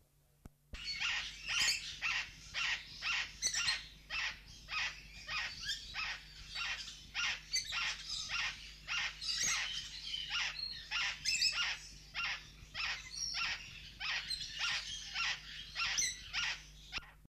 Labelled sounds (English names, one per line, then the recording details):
Blue-backed Parrot call
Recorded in captivity
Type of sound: call
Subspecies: muelleri
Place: Vogelpark Walsrode, Niedersachsen, DE
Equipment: Halbspur, 9,5 cm/s
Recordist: Lütgens, Hans
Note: Rufe